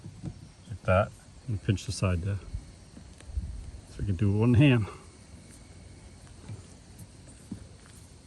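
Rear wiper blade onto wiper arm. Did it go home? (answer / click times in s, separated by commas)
no / none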